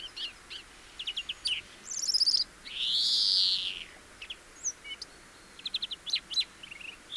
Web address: SETE Chloris chloris